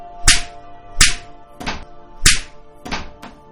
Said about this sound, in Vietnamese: Mỗi một chữ nè là một cái tát hoặc một cái cú đấm hay lên gối vào mặt, bụng hoặc ngực của nó.